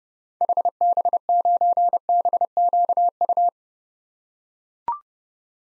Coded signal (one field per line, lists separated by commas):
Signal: Morse code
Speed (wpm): 31 wpm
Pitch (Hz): 700 Hz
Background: none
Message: HB9BQU